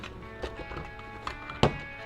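The plastic upper body of a dinosaur action figure is pushed into its lower body over music, with a few faint handling ticks before a sharp snap at 1.6 s as the two halves seat together.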